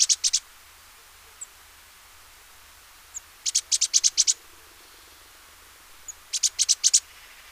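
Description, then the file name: Great tit delivering rapid bursts of several high, ringing notes, repeated every three seconds, with single faint high chips in between. "Parus major"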